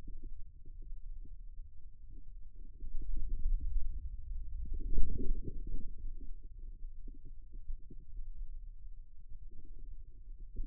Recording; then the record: forearm muscle sounds (acoustic myography)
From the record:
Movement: wrist extension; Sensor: system 2, bracelet of six BSWA MPA416 microphones around the upper forearm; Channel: 4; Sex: male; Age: 22 years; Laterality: right